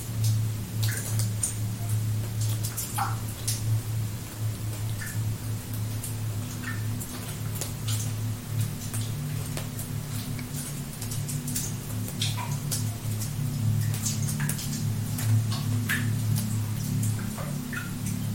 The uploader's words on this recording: The water drop sounds mimic the gentle dripping of water.